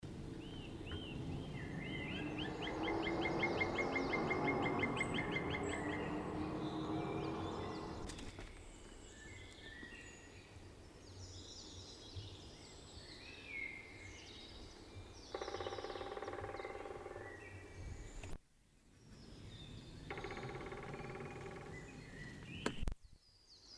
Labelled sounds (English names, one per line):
Black Woodpecker call